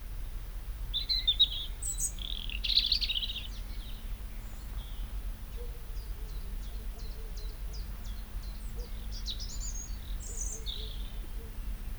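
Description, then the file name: European robin song: high, thin warbling phrases early on, then a run of brief high ticking notes, over a steady low engine-like hum. "Erithacus rubecula"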